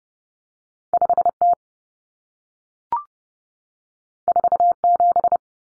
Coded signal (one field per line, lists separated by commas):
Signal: Morse code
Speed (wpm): 30 wpm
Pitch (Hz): 700 Hz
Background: none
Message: 5T 47